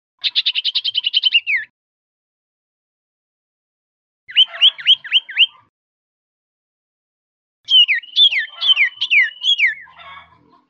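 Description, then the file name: Common iora calls in three bursts: a fast trilled chatter of about a dozen notes ending in a falling whistle, then sets of looping downslurred whistles, with silent gaps between. Recording made as a lure (pancingan) to attract the bird. "siulan cipo untuk pancingan"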